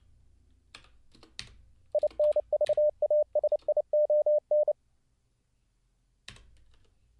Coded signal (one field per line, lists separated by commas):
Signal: Morse code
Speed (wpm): 29 wpm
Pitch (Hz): 600 Hz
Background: none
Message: INVASION